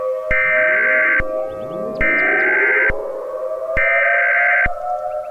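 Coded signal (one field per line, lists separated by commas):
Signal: Emergency Alert System (SAME) tones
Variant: header bursts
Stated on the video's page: Fictional EAS scenario, a created recreation rather than a real alert.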